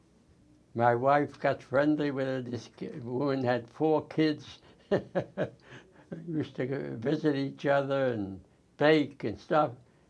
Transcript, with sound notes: My wife got friendly with this women who had four kids [laughs]. We used to visit each other and bake and stuff